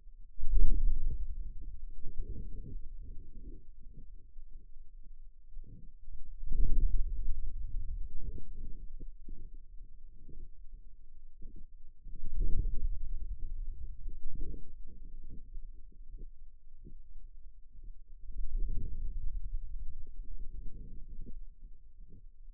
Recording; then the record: forearm muscle sounds (acoustic myography)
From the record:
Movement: hand closing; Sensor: system 2, bracelet of six BSWA MPA416 microphones around the upper forearm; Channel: 5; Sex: male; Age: 22 years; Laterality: right